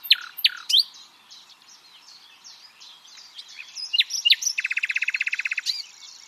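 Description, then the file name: Common nightingale song: a few sharp whistled notes, soft varied twitters, then a rapid trill of many pulses lasting about a second. "Luscinia megarhynchos"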